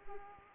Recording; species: mosquito wingbeat signal from an infrared sensor; Aedes aegypti